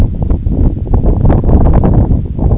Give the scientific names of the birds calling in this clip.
none